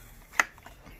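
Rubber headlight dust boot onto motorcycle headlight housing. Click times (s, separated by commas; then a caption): 0.4 s. A rubber dust boot is pushed over the headlight bulb housing of a 2004 GSXR 1000 motorcycle and pressed down all the way around. A sharp pop at 0.4 s marks it seating into place, followed by two fainter soft clicks. The boot is seated.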